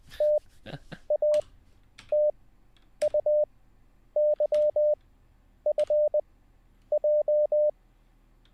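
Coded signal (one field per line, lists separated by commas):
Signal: Morse code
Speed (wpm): 20 wpm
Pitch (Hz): 600 Hz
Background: none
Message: TATUYFJ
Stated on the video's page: Morse code learning session, livestreamed, day 10.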